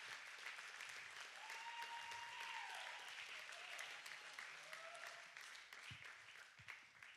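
A crowd applauds steadily, a dense crackle of many hands clapping that holds strong for several seconds before tapering slightly, with a few faint whistles or cheers rising above it.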